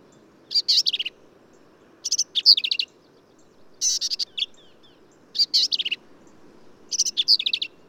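Black-capped vireo song, five quick varied phrases of squeaky, buzzy notes with short silences between.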